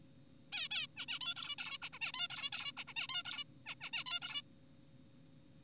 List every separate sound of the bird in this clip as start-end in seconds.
0.53-0.69, 0.71-0.87, 0.97-1.06, 1.08-1.19, 1.21-1.34, 1.36-1.56, 1.58-1.78, 1.82-1.89, 1.93-1.99, 2.01-2.12, 2.14-2.28, 2.30-2.50, 2.52-2.73, 2.77-2.84, 2.88-2.94, 2.96-3.07, 3.09-3.23, 3.25-3.44, 3.66-3.75, 3.81-3.90, 3.93-4.04, 4.07-4.20, 4.22-4.42